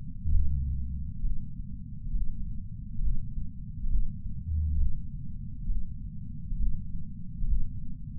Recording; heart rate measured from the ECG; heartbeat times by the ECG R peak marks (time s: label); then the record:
heart sounds by patch sensor on the chest; 67 bpm
0.31 s: heartbeat
1.22 s: heartbeat
2.13 s: heartbeat
3.01 s: heartbeat
3.89 s: heartbeat
4.77 s: heartbeat
5.67 s: heartbeat
6.58 s: heartbeat
7.47 s: heartbeat
From the record:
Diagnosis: coronary artery disease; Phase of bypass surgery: preoperative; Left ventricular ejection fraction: 61.9%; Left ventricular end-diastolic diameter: 48 mm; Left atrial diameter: 36 mm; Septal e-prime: 9.5 cm/s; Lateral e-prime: 18.5 cm/s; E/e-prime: 6.6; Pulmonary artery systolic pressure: 30 mmHg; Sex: male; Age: 59 years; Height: 175 cm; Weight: 76 kg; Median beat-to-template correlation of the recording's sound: 0.85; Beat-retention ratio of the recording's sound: 0.99